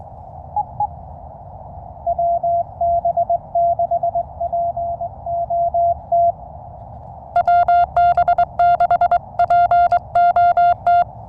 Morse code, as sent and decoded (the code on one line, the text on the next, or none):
.-- -... -.... .--. --- - / .-- -... -.... .--. --- -
WB6POT WB6POT